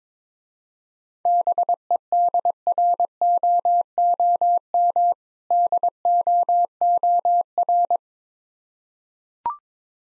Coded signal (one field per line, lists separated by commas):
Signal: Morse code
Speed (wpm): 21 wpm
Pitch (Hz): 700 Hz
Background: none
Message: BEDROOM DOOR